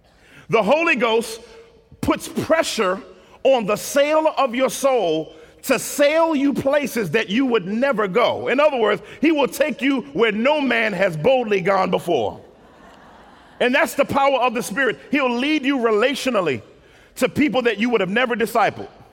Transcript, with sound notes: The Holy Ghost puts pressure on the sail of your soul to sail you places that you would never go. In other words, He will take you where "no man has boldly gone before." [laughter] That's the power of the Spirit! He will lead you, relationally, to people you would have never discipled.